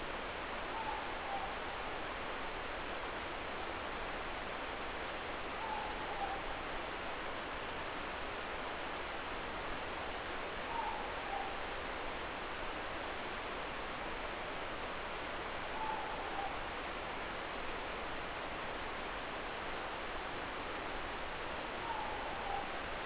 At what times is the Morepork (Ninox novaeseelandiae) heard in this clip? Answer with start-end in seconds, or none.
0.63-1.65, 5.45-6.67, 10.58-11.63, 15.58-16.76, 21.72-22.74